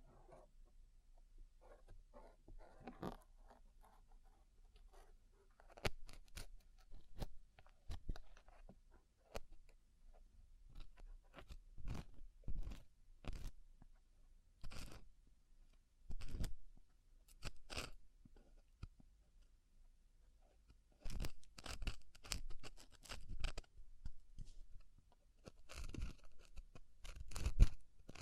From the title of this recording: ASMR Deep Ear Cleaning Session